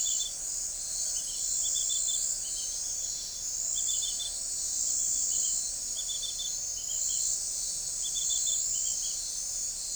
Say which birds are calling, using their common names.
none